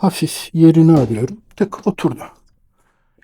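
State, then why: Seated. A man talks while adjusting the position of a navigation light pole on the mount of a 12BB Jumbo XL belly boat. A short, sharp click at 3.2 s marks the light snapping into its mount, seated firmly enough that it cannot be removed.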